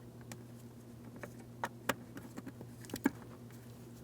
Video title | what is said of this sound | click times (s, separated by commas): How to Replace Blower Motor Resister 2003-2008 Toyota Matrix | Line it up. Press it in. Listen for a click. | 1.9 s